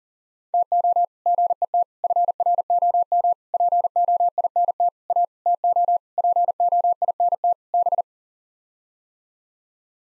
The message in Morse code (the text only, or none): TO GET FROM POINT A TO POINT B